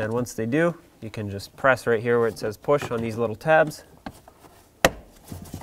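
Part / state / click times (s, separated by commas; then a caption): cabin air filter access cover tab into the HVAC housing / seated / 4.9 s. Someone talks about lining up the plastic cabin air filter access cover on a 2003-2007 Nissan Murano, then presses on the "push" tab. At 4.9 s the first tab clips into the HVAC housing with a sharp snap, seating the cover.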